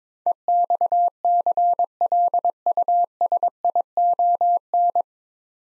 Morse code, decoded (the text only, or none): EXCLUSION